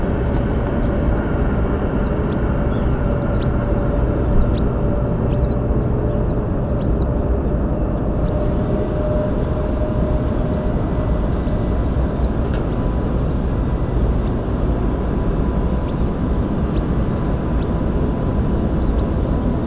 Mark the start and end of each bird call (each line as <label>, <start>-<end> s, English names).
Western Yellow Wagtail, 0.81-1.19 s
Western Yellow Wagtail, 2.01-2.48 s
European Robin, 2.67-2.71 s
Western Yellow Wagtail, 3.40-3.57 s
Western Yellow Wagtail, 4.54-4.72 s
Western Yellow Wagtail, 5.30-5.54 s
Western Yellow Wagtail, 6.18-6.33 s
Western Yellow Wagtail, 6.78-7.03 s
European Robin, 7.07-7.38 s
Western Yellow Wagtail, 7.97-8.43 s
Western Yellow Wagtail, 9.00-9.15 s
Western Yellow Wagtail, 9.43-9.71 s
Redwing, 9.74-10.03 s
Western Yellow Wagtail, 10.26-10.46 s
Western Yellow Wagtail, 11.45-11.63 s
Western Yellow Wagtail, 11.90-12.27 s
Western Yellow Wagtail, 12.69-13.35 s
European Robin, 12.80-13.13 s
Western Yellow Wagtail, 14.24-14.56 s
European Robin, 15.12-15.16 s
Western Yellow Wagtail, 15.23-15.28 s
Western Yellow Wagtail, 15.87-16.09 s
Western Yellow Wagtail, 16.36-16.91 s
European Robin, 17.02-17.06 s
Western Yellow Wagtail, 17.59-17.83 s
Redwing, 18.16-18.47 s
Western Yellow Wagtail, 18.96-19.30 s
European Robin, 19.45-19.48 s